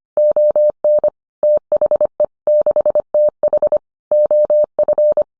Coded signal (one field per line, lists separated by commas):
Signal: Morse code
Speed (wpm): 25 wpm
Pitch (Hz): 600 Hz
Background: none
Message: ON THE 6TH OF